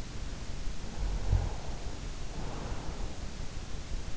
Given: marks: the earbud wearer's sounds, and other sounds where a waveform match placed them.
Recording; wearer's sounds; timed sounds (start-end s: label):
sounds in sleep by an in-ear microphone; snoring breath
0.77-3.17 s: snoring breath